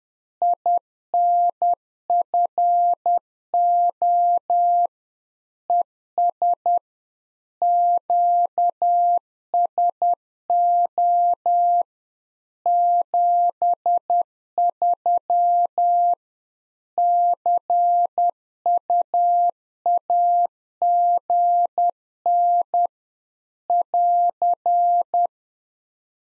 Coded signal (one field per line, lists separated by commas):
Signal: Morse code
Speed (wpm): 10 wpm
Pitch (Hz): 700 Hz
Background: none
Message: INFO ES QSO 73 CUAGN <AR>